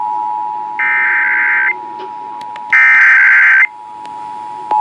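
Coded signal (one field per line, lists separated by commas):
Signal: Emergency Alert System (SAME) tones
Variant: header bursts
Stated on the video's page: Required monthly test from Shasta.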